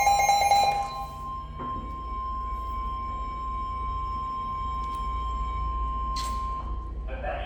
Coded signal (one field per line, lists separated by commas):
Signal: Emergency Alert System (SAME) tones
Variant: 1050 Hz attention tone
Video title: EAS COMP FOR 2024 EAS ALERTS FROM #eas 1488 TO #eas 1578